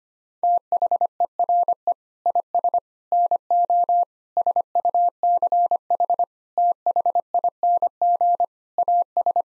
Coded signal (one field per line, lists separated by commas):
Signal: Morse code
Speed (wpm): 25 wpm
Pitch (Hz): 700 Hz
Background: none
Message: THERE IS NO SUCH THING AS